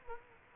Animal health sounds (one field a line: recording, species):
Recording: mosquito wingbeat signal from an infrared sensor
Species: Culex quinquefasciatus